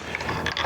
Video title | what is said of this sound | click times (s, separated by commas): EASY Motion Detected Sprinkler System | Kind of pops into place. | 0.1 s, 0.5 s, 0.6 s